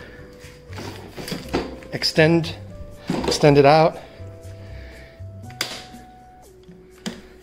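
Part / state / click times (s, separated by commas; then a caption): handle clamp clips onto the mower handle frame / seated / 5.6 s, 7.1 s. Someone talks over background music while the folding handle of an EGO self-propelled lawn mower is extended out and its two plastic side clips are closed onto the handle frame. The clips snap into place with sharp clicks at 5.6 s and 7.1 s, and the handle is locked in position.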